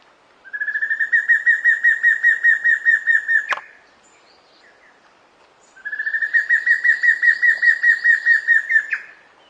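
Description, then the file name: Giant antshrike singing a steady string of rapid, buzzy pulsed notes lasting around three seconds, closing with a higher abrupt note; the phrase repeats after a short pause. "Canto do matracao"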